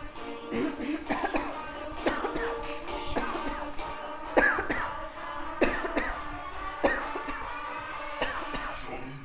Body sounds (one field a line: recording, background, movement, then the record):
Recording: voluntary coughing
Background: music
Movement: walking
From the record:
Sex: female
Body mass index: 36.4 kg/m2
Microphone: on the chest, facing outward